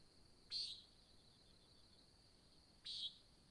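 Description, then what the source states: Nighthawk giving two harsh, buzzy nasal calls a little over two seconds apart, with a thin continuous high tone behind them. Recorded in 2017 at Sutton in July, at dawn; described as a nighthawk competition.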